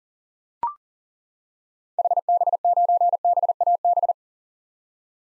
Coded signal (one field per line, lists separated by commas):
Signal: Morse code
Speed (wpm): 37 wpm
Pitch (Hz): 700 Hz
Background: none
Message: HB9BAB